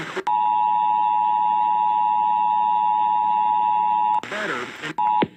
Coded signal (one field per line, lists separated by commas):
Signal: Emergency Alert System (SAME) tones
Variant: 853 and 960 Hz attention tone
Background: speech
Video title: Iowa Required Monthly Tests (EAS #976-995)